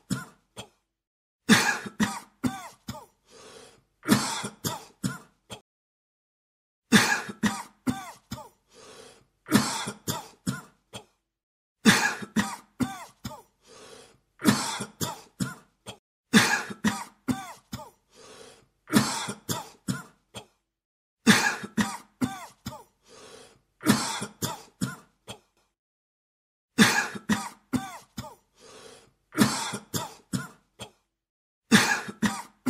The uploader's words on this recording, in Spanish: Sonido de hombre con tos.